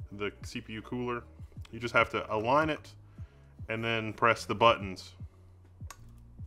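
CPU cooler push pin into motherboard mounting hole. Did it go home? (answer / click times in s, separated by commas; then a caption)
no / none. Someone talks while a stock CPU cooler is aligned over the socket and its plastic push-pin buttons are about to be pressed down into the motherboard mounting holes. A short, sharp tap sounds near 5.9 s, but nothing has seated or clicked in yet when the clip ends.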